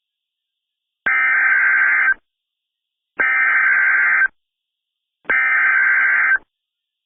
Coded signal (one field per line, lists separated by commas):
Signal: Emergency Alert System (SAME) tones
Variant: header bursts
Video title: EAS Scenario - Transportation System Attack